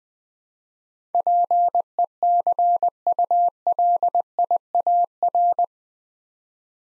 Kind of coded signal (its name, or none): Morse code